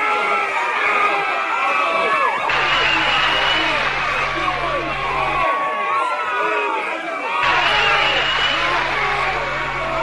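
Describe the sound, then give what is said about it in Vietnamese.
A large crowd roars with booing and jeering, a steady dense wall of many overlapping shouting voices that keeps up without pause, with a low droning hum coming and going beneath it. “Tiếng la ó lại càng nhiều hơn.”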